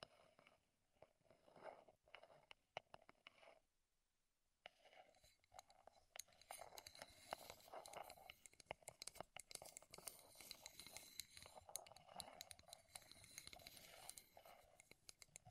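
Wood triggers: soft tapping and scratching, quiet and sparse at first, then after a brief near-silence around four seconds, dense crisp clicks continue steadily.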